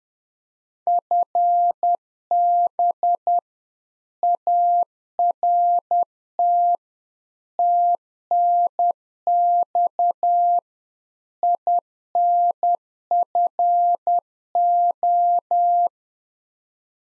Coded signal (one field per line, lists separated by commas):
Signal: Morse code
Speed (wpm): 10 wpm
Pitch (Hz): 700 Hz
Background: none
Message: FB ART TNX INFO